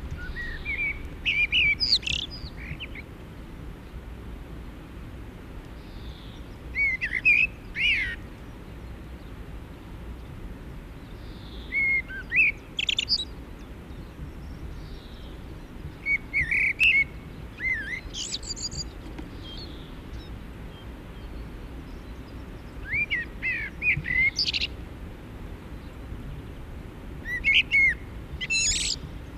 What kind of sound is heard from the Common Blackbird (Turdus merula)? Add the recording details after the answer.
song. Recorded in the wild. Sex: male. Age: adult. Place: Garmisch-Partenkirchen, Bayern, DE. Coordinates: 47.4939, 11.0658. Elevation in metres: 789. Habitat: mountains. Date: 1969-04-13. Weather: Schneefall. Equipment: Uher 4000 Report. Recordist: Tretzel, Erwin